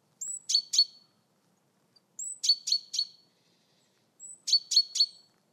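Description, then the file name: Great tit giving three quick phrases, each a high thin slurred note then two or three dry, buzzy chatter notes, in an otherwise quiet background. "Parus major"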